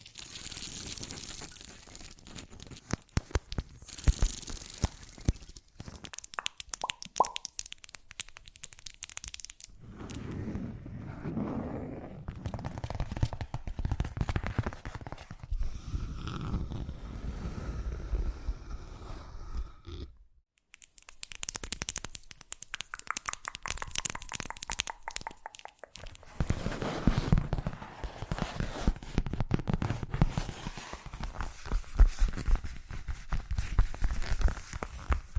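ASMR triggers shift quickly and unpredictably: dense crinkling and tearing sounds, soft plops and tapping in short bursts. Textures change abruptly around ten and twenty seconds, with a brief near-silence just before twenty-one seconds, then busy crackling returns through the end.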